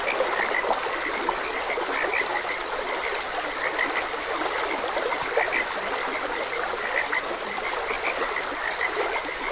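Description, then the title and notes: Frogs croaking in a thick, unbroken chorus of short calls over the steady rush of a stream. Frogs croaking beside a gentle stream. "Gentle Stream and Frogs Croaking - Calming Sounds of Nature. Sleep and Relaxation Podcast"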